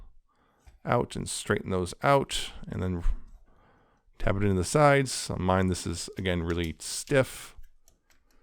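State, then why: Not seated. Someone talks while pressing a stiff plastic tab into the side of the robot-mode body of a Transformers Legacy Velocitron Speedia 500 Collection Galaxy Shuttle toy. Faint, light ticks of handling come at about 7.9, 8.1 and 8.3 seconds. Nothing has seated or clicked into place yet.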